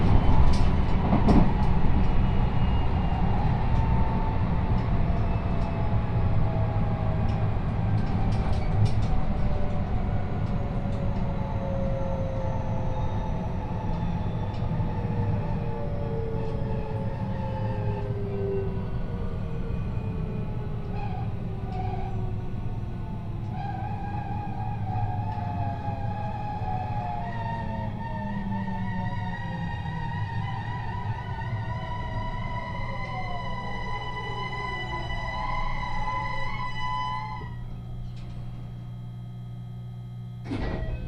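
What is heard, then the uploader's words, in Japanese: A train rolls along the line, its steady low rumble filling the whole clip. Whining motor tones glide downward and then rise again as the train slows and picks up speed, and a few sharp clicks come near the start and at the end. 山陽本線・赤穂線 姫路→播州赤穂。まだ5時台の電車ですが早起きして乗車します。播州赤穂行きの列車は223系の4両編成。さすがに空いています。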